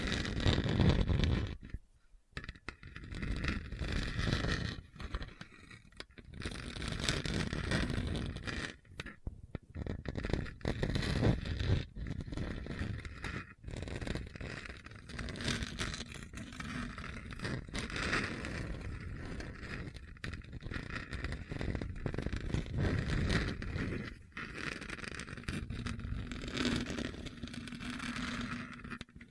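Rough scraping and rumbling over a hard, bumpy surface, continuous and gritty with frequent brief dropouts and jolts throughout.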